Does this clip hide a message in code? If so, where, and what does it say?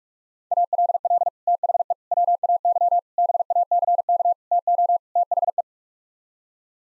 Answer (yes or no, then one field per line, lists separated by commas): yes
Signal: Morse code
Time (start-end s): 0.5-5.6 s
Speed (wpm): 44 wpm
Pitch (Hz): 700 Hz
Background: none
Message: ALL THE WAY BACK TO THE